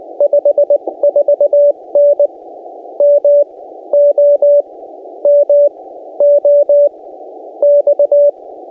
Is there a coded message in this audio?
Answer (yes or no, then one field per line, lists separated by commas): yes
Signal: Morse code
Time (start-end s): 0.2-8.3 s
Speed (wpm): 18 wpm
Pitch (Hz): 560 Hz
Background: none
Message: 54N MOMOX